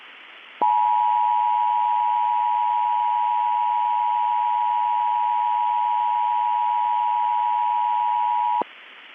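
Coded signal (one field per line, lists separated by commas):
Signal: Emergency Alert System (SAME) tones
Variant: 853 and 960 Hz attention tone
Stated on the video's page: EAS tones in a fictional EAS scenario about a hurricane making landfall in southern California.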